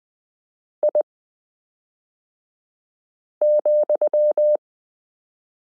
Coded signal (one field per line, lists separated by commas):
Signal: Morse code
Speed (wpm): 20 wpm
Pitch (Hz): 600 Hz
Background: none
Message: I,